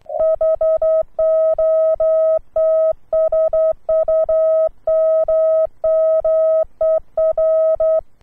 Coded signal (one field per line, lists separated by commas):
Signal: Morse code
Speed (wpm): 11 wpm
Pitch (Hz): 640 Hz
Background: none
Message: HOT SUMMER